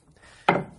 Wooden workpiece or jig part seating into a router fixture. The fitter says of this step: now we got locked into place put it in here